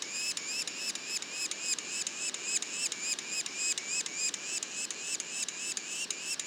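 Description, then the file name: Yellow-bellied sapsucker juvenile calls: a fast, steady series of nasal, harmonic notes, several each second, continuing without pause. Juveniles; Quebec. "pic macule. parc national du mont orford"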